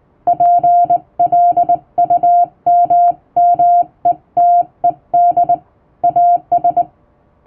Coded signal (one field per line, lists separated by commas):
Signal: Morse code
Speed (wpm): 20 wpm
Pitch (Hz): 700 Hz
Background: music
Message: PLUMMETED AS